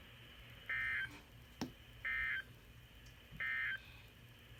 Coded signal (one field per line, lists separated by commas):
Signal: Emergency Alert System (SAME) tones